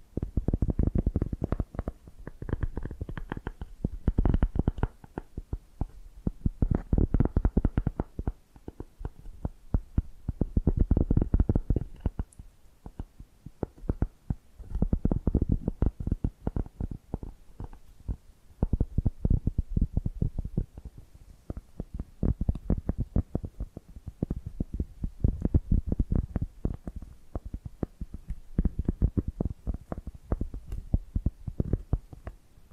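Rapid tapping and scratching come in dense bursts of a few seconds, separated by brief pauses, with a low, thumping, muffled quality throughout.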